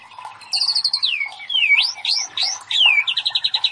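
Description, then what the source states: White-rumped Shama song opening with a rapid high trill, then loud swooping whistles that dip and rise, ending in a quick run of repeated notes. Masteran (training recording for cage birds) of murai batu, labaik style of song.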